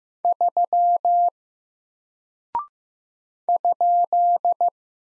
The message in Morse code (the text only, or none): 3 ?